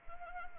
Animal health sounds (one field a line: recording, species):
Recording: mosquito wingbeat signal from an infrared sensor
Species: Anopheles arabiensis